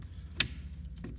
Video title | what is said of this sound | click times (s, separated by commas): 2006 Jeep Grand Cherokee (WK) 3.7 Electronic Shift Module (ESM) Problems U0404 P0700 Codes | Make sure it's firmly seated here. You hear it? Click, click. | 0.4 s, 1.0 s